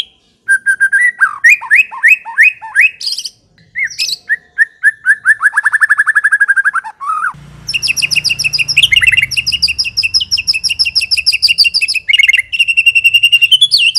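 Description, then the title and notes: White-rumped shama singing continuously, rich whistled phrases and rapid repeated chirping notes, with a low rumbling background in the second half. Long-duration lure (pikat) used to attract the birds. "Pikat Murai Batu Durasi Panjang. Burung Murai Batu"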